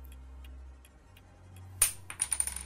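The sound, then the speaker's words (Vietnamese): A pen drops onto a table with a sharp clack, then bounces and rattles in a quick series of lighter ticks that fade out, over a low steady hum. “Cây bút vừa khẽ rơi xuống mặt bàn”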